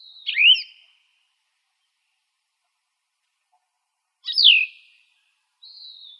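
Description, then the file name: Plumbeous vireo uttering two hoarse, downslurred phrases about four seconds apart, followed by a thin level whistled tone at the end. "PLVI 9 deviche"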